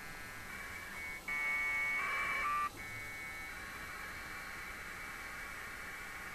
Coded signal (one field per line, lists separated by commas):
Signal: dial-up modem handshake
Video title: A SIMPLE TEST, TCP/IP OVER AX.25 link between 2 laptops.